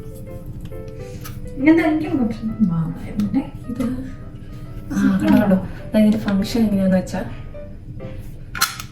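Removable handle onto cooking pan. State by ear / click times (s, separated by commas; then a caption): seated / 8.6 s. A removable handle from a cookware set is clipped onto the rim of a cooking pan while someone talks over background music. Short, sharp clicks come near the end, with the handle locking into place at 8.6 s.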